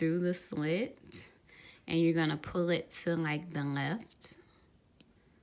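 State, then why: Seated. Someone talks while the bobbin thread is put through the slit of the drop-in bobbin holder on a Brother LX2375 sewing machine and pulled to the left. At 5.0 s a sharp, brief click is heard as the thread snaps into the plastic guide, seating it in the slit.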